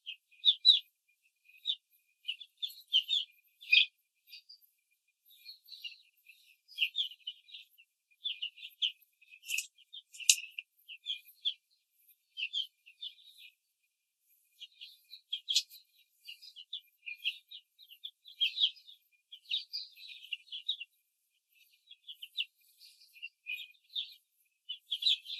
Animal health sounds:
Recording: young laying hens in a cage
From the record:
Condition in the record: control cage, before the stress test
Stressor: none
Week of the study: 4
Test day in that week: 1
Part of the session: 3

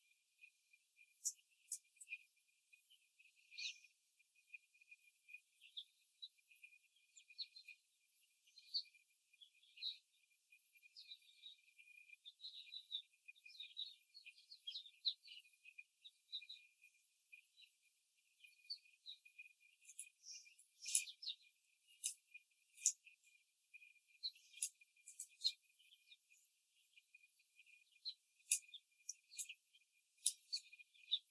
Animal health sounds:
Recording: young laying hens in a cage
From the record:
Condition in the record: before the stressor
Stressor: simulated dog barking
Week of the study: 3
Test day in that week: 2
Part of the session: 3

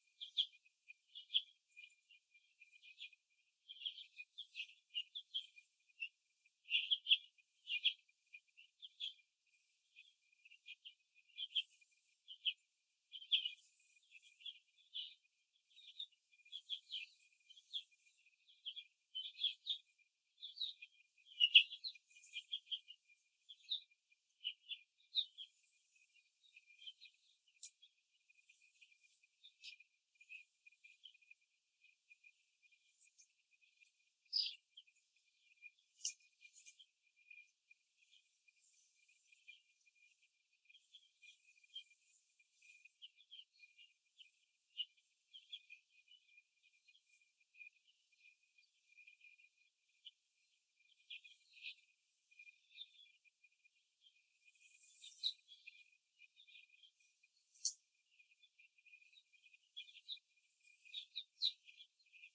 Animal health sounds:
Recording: young laying hens in a cage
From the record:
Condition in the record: after the stressor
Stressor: simulated dog barking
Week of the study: 2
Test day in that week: 2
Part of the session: 2

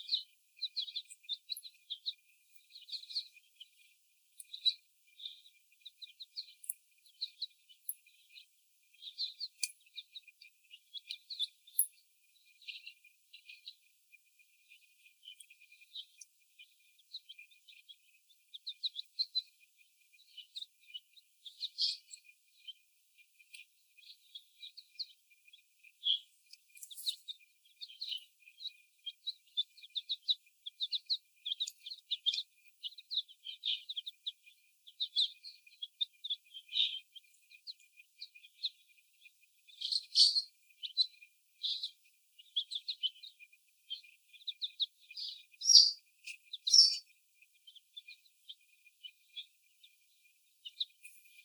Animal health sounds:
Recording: young laying hens in a cage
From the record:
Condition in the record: before the stressor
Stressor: sudden umbrella opening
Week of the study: 1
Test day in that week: 1

